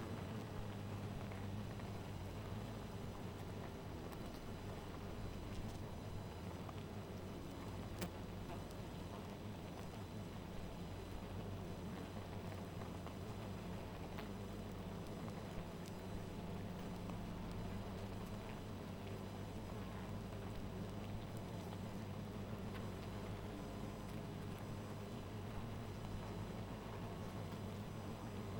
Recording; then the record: honeybee colony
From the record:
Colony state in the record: missing queen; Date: 14 July 2017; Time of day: 1:50